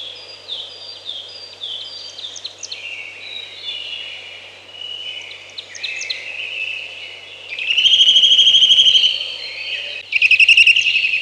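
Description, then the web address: Eurasian nuthatch giving a loud, rapid, even trill twice in the second half, over a busy background chorus of other songbirds. "Przyroda Ptaki Kowalik"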